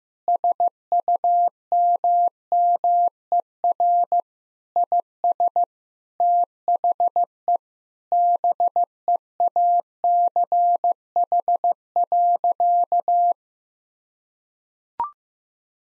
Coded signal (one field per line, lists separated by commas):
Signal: Morse code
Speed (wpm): 15 wpm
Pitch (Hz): 700 Hz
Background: none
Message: SUMMER IS THE BEACH.